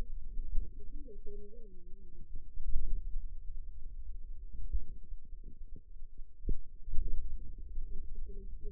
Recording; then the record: forearm muscle sounds (acoustic myography)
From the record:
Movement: pen grasping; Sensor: system 2, bracelet of six BSWA MPA416 microphones around the upper forearm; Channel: 2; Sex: female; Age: 21 years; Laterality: right